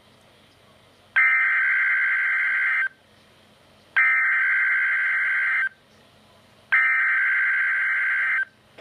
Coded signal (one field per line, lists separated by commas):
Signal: Emergency Alert System (SAME) tones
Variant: header bursts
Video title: EAS #31 - Severe Thunderstorm Watch